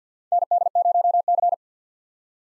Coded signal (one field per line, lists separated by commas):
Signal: Morse code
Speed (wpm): 50 wpm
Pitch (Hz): 700 Hz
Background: none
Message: ND0C